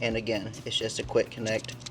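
A four-prong generator power quick-connect plug is handled at the generator power lead while someone talks throughout. The plug has not seated or clicked yet.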